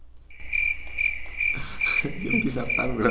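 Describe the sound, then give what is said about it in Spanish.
Crickets chirp steadily in a continuous high-pitched trill, the pulsing rhythm repeating throughout, with some lower rustling noise joining partway through. “Sí, no, creo que estamos abusando de los grillos.”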